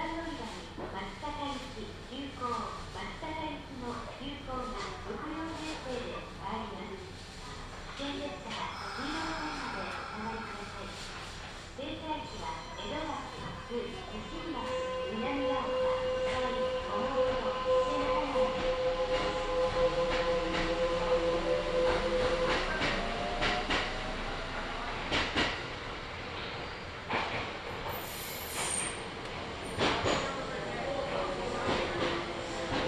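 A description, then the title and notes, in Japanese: A Kintetsu Nagoya Line local train rides from Shiohama toward Shiroko, with a steady low rumble under the cabin and a voice talking over it early on. From about fifteen seconds a sustained whine holds for several seconds as the running noise grows louder, with scattered clicks and knocks near the end. 近鉄名古屋線各駅停車 塩浜→白子。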